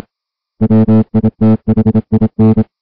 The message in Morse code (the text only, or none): WITHIN